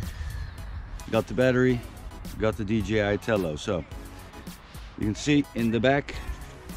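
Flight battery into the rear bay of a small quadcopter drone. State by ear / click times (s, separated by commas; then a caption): not seated / none. Someone talks outdoors, with music in the background, while handling the flight battery at the rear bay of a small DJI Tello quadcopter drone. A faint sudden sound comes at 1.0 s, but the battery has not yet been inserted, and nothing has seated or clicked yet.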